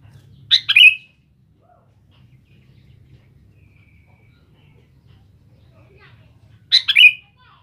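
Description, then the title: Sooty-headed bulbul gives two identical short bubbly phrases roughly six seconds apart, with near silence between. "Kutilang"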